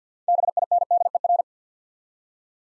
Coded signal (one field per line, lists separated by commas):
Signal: Morse code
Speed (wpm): 50 wpm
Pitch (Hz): 700 Hz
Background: none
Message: BINDER